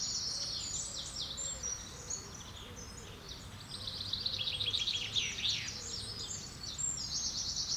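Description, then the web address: Bird song with repeated sharp high notes and rapid trill series, several birds overlapping. Woodland birds. "Effects 02-Birds, Insects Animals. Birds woodland"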